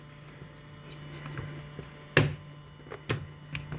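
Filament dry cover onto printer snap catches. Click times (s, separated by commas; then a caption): 2.2 s, 3.1 s, 3.5 s. A plastic filament-drying cover is pressed onto four small snap catches on a Qidi Tech X-Plus 3 3D printer, over a steady low hum. Sharp plastic snaps are heard at 2.2 s, 3.1 s and 3.6 s, with fainter knocks between them. Two of the catches did not snap on, so the cover is only partly engaged and not fully home.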